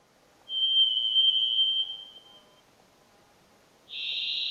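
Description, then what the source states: Varied Thrush song: a long, steady whistled note held for about two seconds, a pause, then a second, higher and buzzier note beginning. Played back as a mystery sound; song of separate notes likened to someone practicing an oboe.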